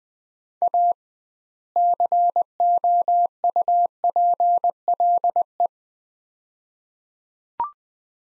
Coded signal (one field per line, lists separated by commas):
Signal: Morse code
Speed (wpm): 20 wpm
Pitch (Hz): 700 Hz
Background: none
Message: A COUPLE